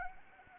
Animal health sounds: mosquito wingbeat signal from an infrared sensor; Anopheles arabiensis

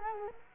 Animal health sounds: mosquito wingbeat signal from an infrared sensor; Culex quinquefasciatus

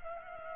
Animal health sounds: mosquito wingbeat signal from an infrared sensor; Culex pipiens

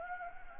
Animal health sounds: mosquito wingbeat signal from an infrared sensor; Anopheles gambiae

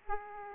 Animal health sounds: mosquito wingbeat signal from an infrared sensor; Aedes aegypti

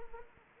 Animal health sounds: mosquito wingbeat signal from an infrared sensor; Anopheles arabiensis

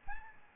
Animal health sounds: mosquito wingbeat signal from an infrared sensor; Aedes albopictus

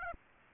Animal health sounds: mosquito wingbeat signal from an infrared sensor; Aedes aegypti

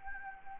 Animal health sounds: mosquito wingbeat signal from an infrared sensor; Anopheles gambiae

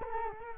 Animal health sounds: mosquito wingbeat signal from an infrared sensor; Culex quinquefasciatus

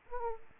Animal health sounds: mosquito wingbeat signal from an infrared sensor; Aedes aegypti

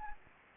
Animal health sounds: mosquito wingbeat signal from an infrared sensor; Anopheles arabiensis

